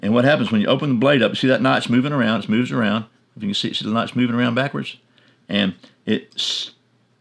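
Someone talks while handling a Spyderco Paramilitary 2 folding knife with a steel blade and Micarta handles, opening the blade as the compression lock tab moves across toward the notch in the blade. A short breathy snort is heard near the end. The clip ends before the tab reaches the notch, so nothing has seated or clicked yet.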